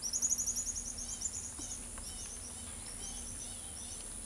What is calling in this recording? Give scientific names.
Tyrannus melancholicus, Jacana jacana